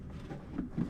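A Passat rear door latch cable connector is oriented and pushed toward its mount inside the door, producing low, muffled handling rustles with a small bump around 0.6 s and rising scraping toward the end. Nothing has seated or clicked yet.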